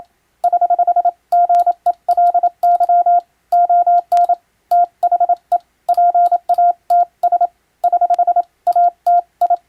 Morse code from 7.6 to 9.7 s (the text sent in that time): <HH> AT I